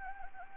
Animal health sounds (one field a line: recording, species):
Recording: mosquito wingbeat signal from an infrared sensor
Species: Anopheles gambiae